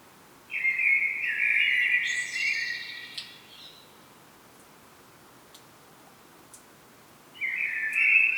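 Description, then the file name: Common blackbird song, a fluty phrase of roughly three seconds ending in high twitters, then a long gap before the next phrase begins. "Turdus merula"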